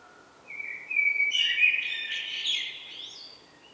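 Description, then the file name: Common blackbird song, a soft low whistle leading into a dense warbled phrase with squeaky high notes, then tailing off. "Turdus merula"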